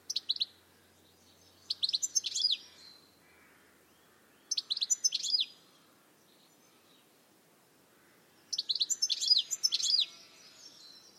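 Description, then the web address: Bird giving several bursts of quick, high chirping notes separated by pauses of a few seconds, with faint background hiss. "cianscape birddata Deverinetal 2025 Bird Only Ca Ca Ca Ca"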